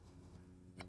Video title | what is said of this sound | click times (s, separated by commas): Setting up your Grail | Very easy, pops right in. | 0.8 s